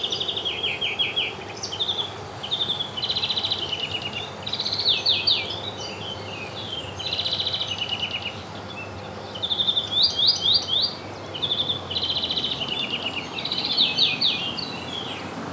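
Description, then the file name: European greenfinch giving bursts of rapid trilled twittering notes, repeated over a steady low background hum. "Chloris chloris"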